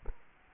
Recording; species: mosquito wingbeat signal from an infrared sensor; Culex quinquefasciatus